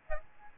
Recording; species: mosquito wingbeat signal from an infrared sensor; Aedes albopictus